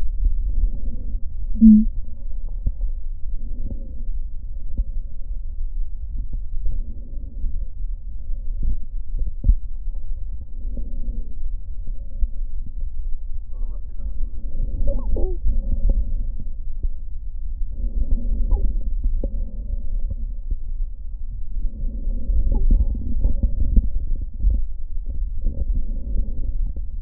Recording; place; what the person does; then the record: lung sounds by stethoscope; left anterior apical chest; quiet breathing, then deep breathing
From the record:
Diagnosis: asthma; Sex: female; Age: 56 years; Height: 161 cm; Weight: 85 kg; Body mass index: 32.8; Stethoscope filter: diaphragm mode